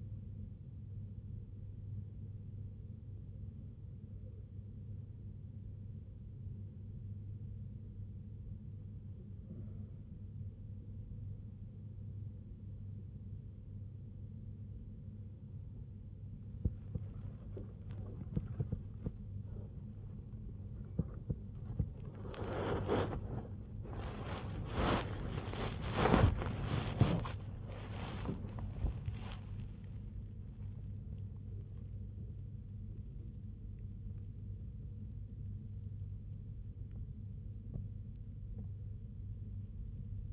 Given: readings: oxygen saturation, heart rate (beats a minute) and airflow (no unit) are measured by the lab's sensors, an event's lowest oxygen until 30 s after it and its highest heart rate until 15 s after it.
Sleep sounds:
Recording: breathing in sleep by a smartphone at the bedside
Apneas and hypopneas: 1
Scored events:
4.00-22.60 s: hypopnea (N1, oxygen 95% highest, then 94% lowest, heart rate 67 at the start, 99 highest)
33.00-40.33 s: new sleep stage, awake
34.00-40.33 s: awake
From the record:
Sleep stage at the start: N1 (lightest sleep)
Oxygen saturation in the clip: 94 to 96%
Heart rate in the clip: 65 to 99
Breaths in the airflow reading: 9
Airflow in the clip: -11.9 to 15.2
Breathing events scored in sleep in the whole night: 258 in 7.4 hours asleep

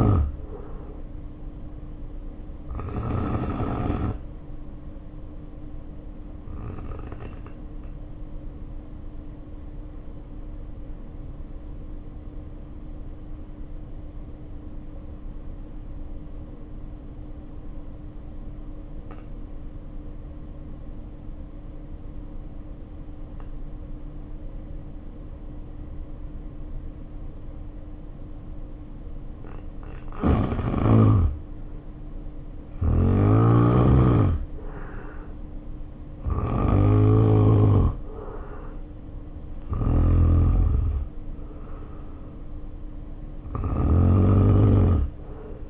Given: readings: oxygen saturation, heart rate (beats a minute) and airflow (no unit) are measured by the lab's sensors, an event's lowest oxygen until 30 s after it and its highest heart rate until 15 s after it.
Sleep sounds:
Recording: breathing in sleep by a smartphone at the bedside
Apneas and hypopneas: 1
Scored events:
7.00-34.20 s: hypopnea (N2, oxygen 94% highest, then 79% lowest, heart rate 49 at the start, 64 highest)
28.00-45.70 s: new sleep stage, N1 (lightest sleep)
From the record:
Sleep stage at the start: N2 (light sleep)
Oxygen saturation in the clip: 78 to 94%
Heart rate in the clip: 49 to 64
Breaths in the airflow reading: 12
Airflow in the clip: -1.7 to 1.6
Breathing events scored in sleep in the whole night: 520 in 7.2 hours asleep

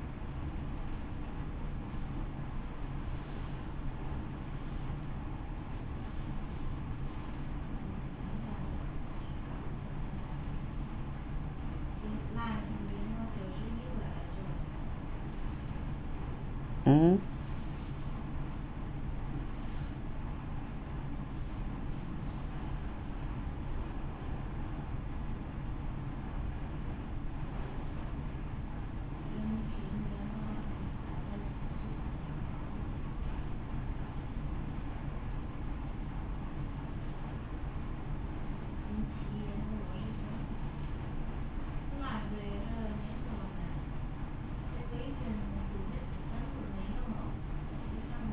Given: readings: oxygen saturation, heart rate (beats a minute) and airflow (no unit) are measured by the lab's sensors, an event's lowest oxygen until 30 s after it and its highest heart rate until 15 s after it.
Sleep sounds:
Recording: a person awake in a sleep study, by a smartphone at the bedside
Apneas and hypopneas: none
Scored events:
0.00-48.33 s: awake
0.00-48.33 s: awake
From the record:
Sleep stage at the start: awake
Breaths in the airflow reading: 12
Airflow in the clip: -0.6 to 0.7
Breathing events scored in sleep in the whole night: 328 in 6.3 hours asleep

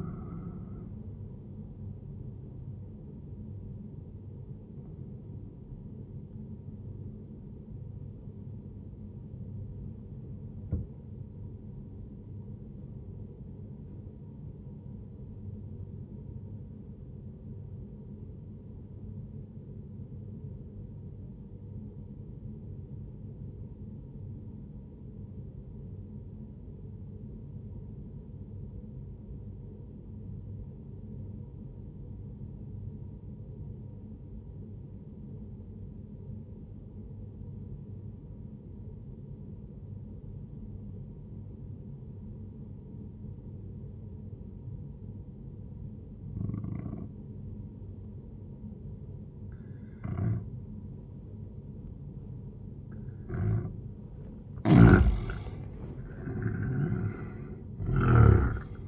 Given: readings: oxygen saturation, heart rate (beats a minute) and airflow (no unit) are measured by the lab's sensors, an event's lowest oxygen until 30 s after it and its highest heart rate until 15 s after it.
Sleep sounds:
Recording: breathing in sleep by a smartphone at the bedside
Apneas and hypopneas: 1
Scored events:
7.00-54.50 s: obstructive apnea (N1, oxygen 98% highest, then 90% lowest, heart rate 66 at the start, 78 highest)
17.00-47.00 s: new sleep stage, N2 (light sleep)
47.00-58.88 s: new sleep stage, N1 (lightest sleep)
From the record:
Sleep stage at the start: N1 (lightest sleep)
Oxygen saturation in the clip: 90 to 98%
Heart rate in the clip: 58 to 81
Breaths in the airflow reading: 2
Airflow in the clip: -9.2 to 12.5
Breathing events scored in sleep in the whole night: 131 in 7.2 hours asleep

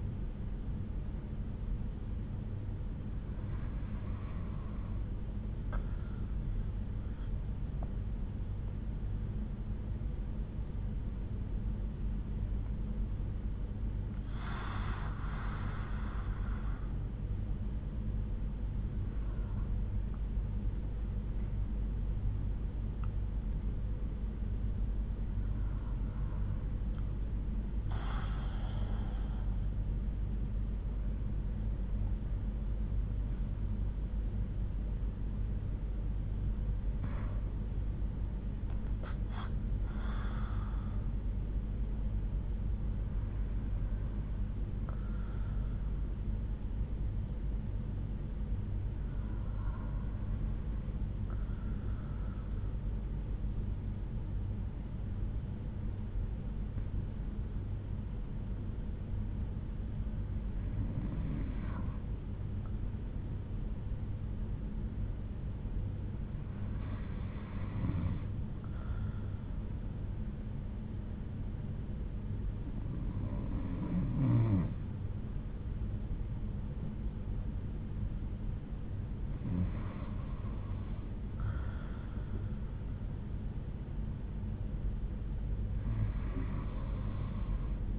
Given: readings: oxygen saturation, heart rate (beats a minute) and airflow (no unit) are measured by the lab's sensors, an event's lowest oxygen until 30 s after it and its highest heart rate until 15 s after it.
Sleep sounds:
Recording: breathing in sleep by a smartphone at the bedside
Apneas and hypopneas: 1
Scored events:
10.00-39.10 s: hypopnea (N1, oxygen 97% highest, then 93% lowest)
From the record:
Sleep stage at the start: N1 (lightest sleep)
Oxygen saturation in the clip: 87 to 97%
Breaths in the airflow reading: 13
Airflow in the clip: -5.6 to 6.6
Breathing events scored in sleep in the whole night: 368 in 8.0 hours asleep

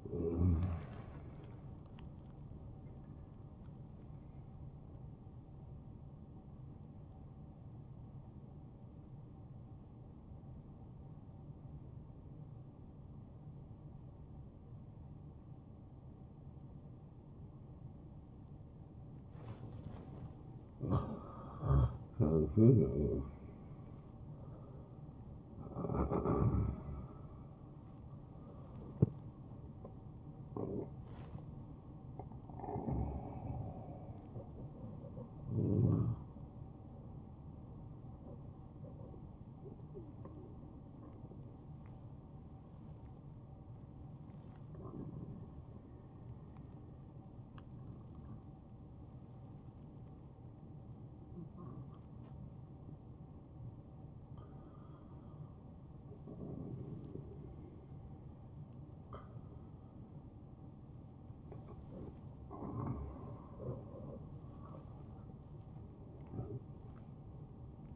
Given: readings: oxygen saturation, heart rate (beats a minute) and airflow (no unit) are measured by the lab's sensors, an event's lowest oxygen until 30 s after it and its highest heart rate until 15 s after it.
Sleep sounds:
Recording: breathing in sleep by a smartphone at the bedside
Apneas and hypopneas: 2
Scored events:
4.00-20.50 s: hypopnea (N1, oxygen 92% highest, then 92% lowest, heart rate 73 at the start, 77 highest)
36.00-59.70 s: hypopnea (N1, oxygen 96% highest, then 94% lowest, heart rate 77 at the start, 77 highest)
From the record:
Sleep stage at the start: N1 (lightest sleep)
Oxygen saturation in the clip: 88 to 96%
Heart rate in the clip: 51 to 77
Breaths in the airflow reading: 10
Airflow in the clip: -12.2 to 8.0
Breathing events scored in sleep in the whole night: 263 in 5.5 hours asleep

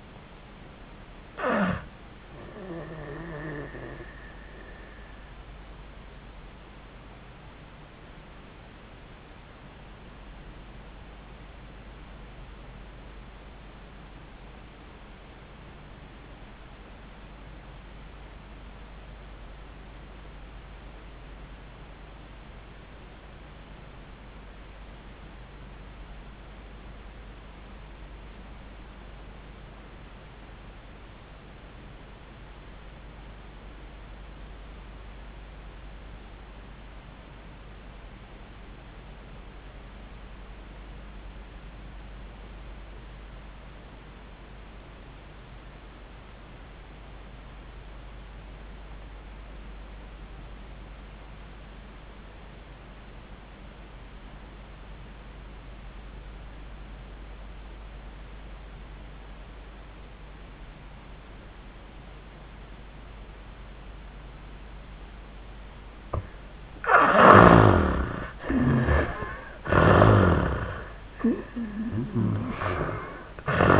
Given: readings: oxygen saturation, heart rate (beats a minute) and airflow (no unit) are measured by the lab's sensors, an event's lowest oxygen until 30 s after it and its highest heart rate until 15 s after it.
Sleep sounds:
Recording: breathing in sleep by a voice recorder at the bedside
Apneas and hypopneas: 1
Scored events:
6.00-68.10 s: obstructive apnea (N1, oxygen 96% highest, then 63% lowest, heart rate 78 at the start, 103 highest)
15.00-73.80 s: new sleep stage, REM sleep
From the record:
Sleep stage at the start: N1 (lightest sleep)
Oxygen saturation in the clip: 67 to 96%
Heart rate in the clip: 64 to 89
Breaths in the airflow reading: 3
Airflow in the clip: -36.3 to 12.9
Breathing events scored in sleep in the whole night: 400 in 8.7 hours asleep

